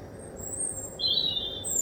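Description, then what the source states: Bird giving a few high, drawn-out whistled notes, some very thin and one slightly lower and fuller, against a quiet steady hum. Recorded at 1 am through a kitchen window.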